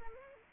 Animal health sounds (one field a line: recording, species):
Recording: mosquito wingbeat signal from an infrared sensor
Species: Anopheles arabiensis